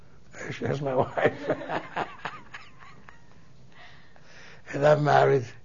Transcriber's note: they laugh